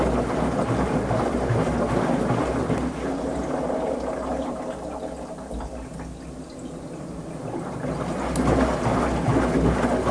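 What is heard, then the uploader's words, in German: A washing machine tumbles laundry in a steady, rumbling rotation with gurgling water sloshing through each turn. A low hum runs underneath throughout. The churning eases a little around the middle, then swells again toward the end with a few sharper knocks. Wäsche in der Waschmaschine. Gleichmäßigen, rumpelnd-gluckernden Umdrehungen der Waschmaschine.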